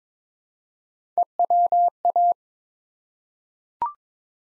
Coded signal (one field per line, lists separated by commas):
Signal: Morse code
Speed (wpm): 23 wpm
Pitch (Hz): 700 Hz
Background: none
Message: EWA